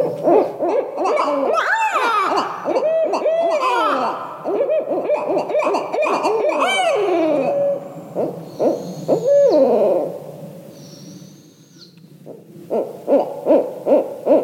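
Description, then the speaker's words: Barred owls hooting and cackling in a noisy exchange of overlapping rising and falling hoots, with a few higher squealing notes, a brief lull, then more hoots. A pair of barred owls calling with their nestling, a baby owl; given as an example of what a noisy owl party might sound like. "It might sound something like this. That's a pair of barred owls calling with their nestling, their little baby owl."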